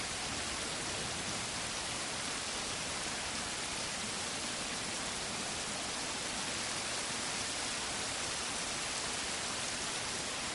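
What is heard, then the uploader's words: Steady, dense rain hisses without pause, bright and even throughout, a constant wash of drops with no distinct events or thunder. 8 Hours of Nighttime Storm and Soothing Rain for Sleep Aid. The enveloping ambiance of nighttime storms and soothing rain.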